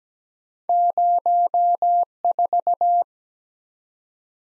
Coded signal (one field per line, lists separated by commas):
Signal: Morse code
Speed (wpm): 17 wpm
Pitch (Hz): 700 Hz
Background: none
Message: 04